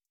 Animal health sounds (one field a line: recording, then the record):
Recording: hydrophone in a shrimp aquaculture tank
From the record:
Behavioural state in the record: stressed